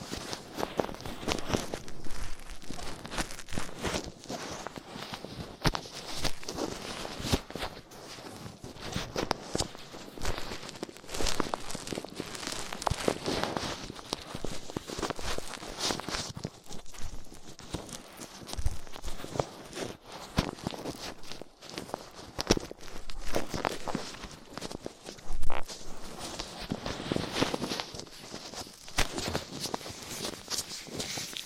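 Ear cleaning with latex gloves, a dental pick and cotton swabs: dense, continuous crackling and scraping, with frequent sharp rubbing bursts and a loud pop near 25 seconds.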